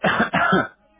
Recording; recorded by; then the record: voluntary cough; telephone call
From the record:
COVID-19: positive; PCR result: checked with the laboratory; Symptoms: no